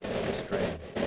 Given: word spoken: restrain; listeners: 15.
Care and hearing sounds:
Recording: one English word in noise, from a listening test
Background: noise modulated by three-talker babble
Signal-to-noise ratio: -6.7 dB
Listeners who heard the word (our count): 1 of 15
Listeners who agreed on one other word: 6 of 15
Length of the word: 0.67 s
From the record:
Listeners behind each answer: 6, 4, 1, 1, 1, 1, 1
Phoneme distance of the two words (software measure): 21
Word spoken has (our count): 2 syllables, 7 phonemes, stress on syllable 2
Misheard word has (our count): 1 syllable, 6 phonemes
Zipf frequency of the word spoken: 3.12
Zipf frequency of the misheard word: 4.83

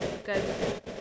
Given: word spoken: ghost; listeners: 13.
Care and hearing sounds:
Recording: one English word in noise, from a listening test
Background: noise modulated by three-talker babble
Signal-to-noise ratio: -4.2 dB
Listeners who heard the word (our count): 5 of 13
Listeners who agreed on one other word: 7 of 13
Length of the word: 0.61 s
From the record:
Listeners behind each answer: 7, 5, 1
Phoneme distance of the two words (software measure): 7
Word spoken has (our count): 1 syllable, 4 phonemes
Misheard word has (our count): 1 syllable, 3 phonemes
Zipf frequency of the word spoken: 4.24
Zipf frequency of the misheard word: 4.12

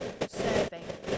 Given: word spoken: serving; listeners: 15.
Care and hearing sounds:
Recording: one English word in noise, from a listening test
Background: noise modulated by three-talker babble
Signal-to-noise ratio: -7.2 dB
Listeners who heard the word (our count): 5 of 15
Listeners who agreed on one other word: 8 of 15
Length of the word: 0.78 s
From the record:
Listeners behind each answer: 8, 5, 2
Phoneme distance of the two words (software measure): 17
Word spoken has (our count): 2 syllables, 5 phonemes, stress on syllable 1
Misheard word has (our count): 2 syllables, 4 phonemes, stress on syllable 2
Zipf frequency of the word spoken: 4.45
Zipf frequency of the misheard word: 4.28

